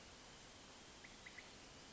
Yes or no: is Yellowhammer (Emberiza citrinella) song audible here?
no